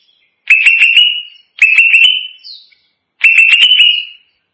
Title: Cucak ijo